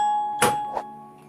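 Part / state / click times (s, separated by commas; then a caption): backrest recline latch in chair seat mechanism / seated / 0.4 s. On an Exvega Andromeda gaming chair, the backrest recline latch in the seat mechanism gives a sharp click at 0.4 s as the backrest is locked by leaning slightly forward after tilting it with the recline lever. A second, shorter tick follows at 0.8 s over a steady tonal hum. The backrest is locked in position and will no longer come back.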